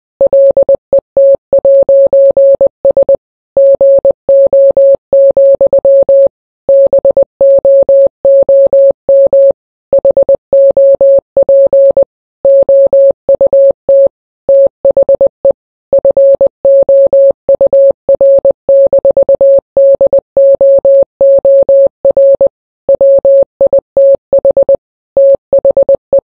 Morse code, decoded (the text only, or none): LET'S GO, BOOM HOP OUT THE FOUR-DOOR WITH THE